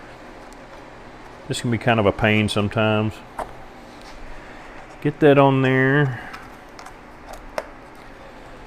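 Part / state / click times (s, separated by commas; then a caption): choke-side plastic part onto auger engine carburetor / seated / 7.6 s. A plastic part is pushed over the choke lever, set down first, on a new carburetor for a Viper auger's small engine, while someone talks. After a few faint clicks near 6.8 s, a single sharp snap at 7.6 s marks the part seating. It is snapped into place and the choke works.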